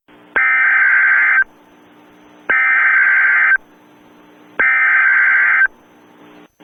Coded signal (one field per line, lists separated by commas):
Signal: Emergency Alert System (SAME) tones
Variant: header bursts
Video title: EAS Scenario #7 - GEOSTORM